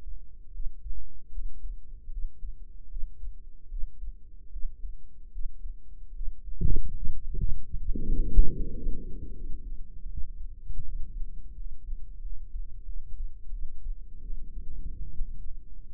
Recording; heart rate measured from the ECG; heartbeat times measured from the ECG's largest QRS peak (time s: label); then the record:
heart sounds by microphone in the right ear; 78 bpm
0.52 s: heartbeat
1.31 s: heartbeat
2.10 s: heartbeat
2.88 s: heartbeat
3.69 s: heartbeat
4.50 s: heartbeat
5.31 s: heartbeat
6.13 s: heartbeat
6.95 s: heartbeat
7.76 s: heartbeat
8.55 s: heartbeat
9.32 s: heartbeat
10.07 s: heartbeat
10.83 s: heartbeat
11.54 s: heartbeat
12.20 s: heartbeat
12.84 s: heartbeat
13.50 s: heartbeat
14.21 s: heartbeat
15.12 s: heartbeat
From the record:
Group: healthy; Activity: Valsalva maneuver 0-10 s, rest 10-16 s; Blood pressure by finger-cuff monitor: 78/46 mmHg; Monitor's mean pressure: 58 mmHg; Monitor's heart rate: 76 bpm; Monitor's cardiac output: 7 L/min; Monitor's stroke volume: 93 mL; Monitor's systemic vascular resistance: 590 dyn s/cm5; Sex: female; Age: 22 years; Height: 161 cm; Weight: 65.5 kg